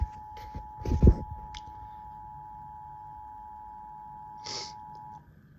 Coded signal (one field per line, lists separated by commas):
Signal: Emergency Alert System (SAME) tones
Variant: 853 and 960 Hz attention tone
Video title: EAS Message #59. WDFA Law Enforcement Warning for Clear Creek, CO